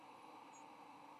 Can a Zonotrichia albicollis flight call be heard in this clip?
no